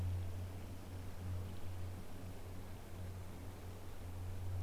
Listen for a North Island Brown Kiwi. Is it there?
no